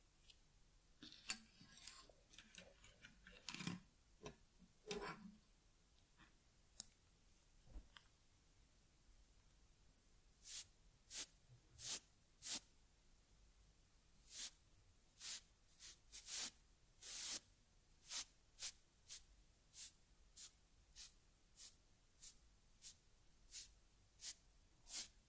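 Ear cleaning on a teddy bear, heard as short bright scratchy strokes against near silence. The first half brings scattered rustles and a few soft thumps; from about ten seconds the strokes turn steady and rhythmic, roughly two per second, each a brief crisp swipe.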